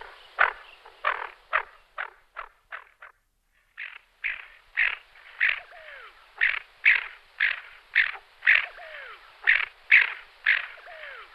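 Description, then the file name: Greater scaup giving harsh, rasping calls in a steady series, with one brief pause and faint downward-sliding notes behind. "moretta grigia"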